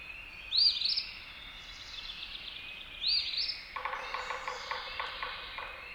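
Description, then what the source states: Eastern Phoebe giving two raspy, buzzy song phrases about two and a half seconds apart, then a quick irregular tapping continues through the final seconds. Singing at first light on April 28 from a tree above a car in a parking lot.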